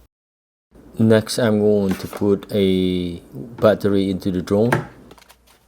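A flight battery is handled for a DJI Air 3S drone, about to be pushed into its bay in the plastic body, while someone talks. Near the end, two faint, brief sharp sounds occur at about 5.1 and 5.2 seconds. Nothing has seated or clicked into place yet.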